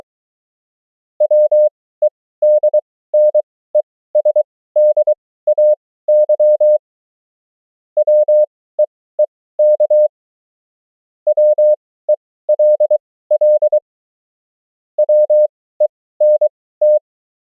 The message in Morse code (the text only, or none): WEDNESDAY WEEK WELL WENT